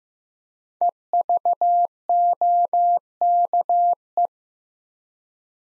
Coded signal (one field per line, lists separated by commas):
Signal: Morse code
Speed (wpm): 15 wpm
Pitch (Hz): 700 Hz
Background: none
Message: EVOKE